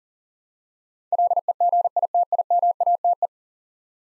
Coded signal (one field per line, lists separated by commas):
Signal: Morse code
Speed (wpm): 37 wpm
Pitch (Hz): 700 Hz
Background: none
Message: LEGITIMATE